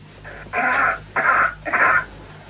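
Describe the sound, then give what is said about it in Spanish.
A man coughs three times in quick succession on Mars, each cough a harsh, raspy burst of similar length, with a steady low hum running underneath. “That's coughing on Mars. Fíjate cómo tose.”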